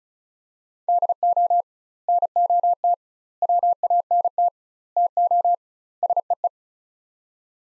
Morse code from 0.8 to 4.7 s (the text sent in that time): DO NOT WANT